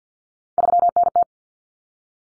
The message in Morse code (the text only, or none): 3NT